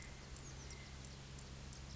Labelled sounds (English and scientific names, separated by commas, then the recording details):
Oak Titmouse (Baeolophus inornatus)
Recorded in Sonoma County, California